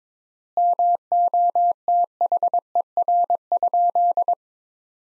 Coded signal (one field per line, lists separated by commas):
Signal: Morse code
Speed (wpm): 22 wpm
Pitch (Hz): 700 Hz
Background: none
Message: MOTHER?